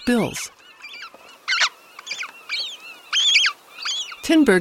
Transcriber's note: begging calls of young gulls